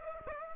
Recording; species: mosquito wingbeat signal from an infrared sensor; Aedes aegypti